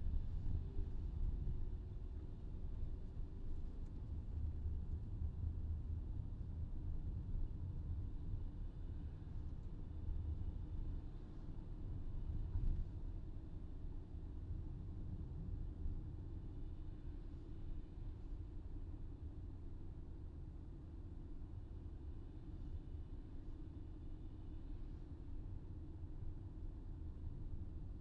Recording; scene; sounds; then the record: everyday scene through a hearing-aid microphone; in a vehicle; engine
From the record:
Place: VW T5 Caravelle, diesel engine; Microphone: in the ear canal, left